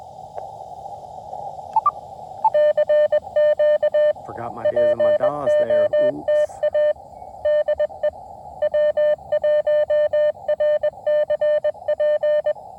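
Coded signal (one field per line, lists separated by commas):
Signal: Morse code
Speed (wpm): 21 wpm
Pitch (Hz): 590 Hz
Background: speech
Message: CQ POTA DE W1RCP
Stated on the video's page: 20 m POTA activation late in the day, keyed with a new Putikeeg Puck key, into a 17-foot RandoWire antenna on a carbon-fiber mast.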